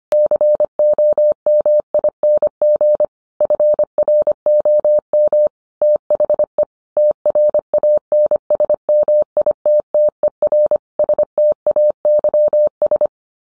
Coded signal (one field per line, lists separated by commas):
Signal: Morse code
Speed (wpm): 25 wpm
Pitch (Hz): 600 Hz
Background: none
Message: COMING FROM THE TRANSMITTER STAYS